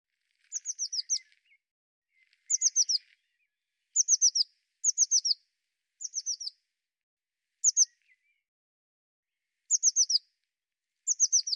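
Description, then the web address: Bird calling in repeated clusters of high, falling notes, spaced a second or two apart, with soft lower twittering early on. "cianscape birddata Deverinetal 2025 File cleaned normalized Bird Cy Ca"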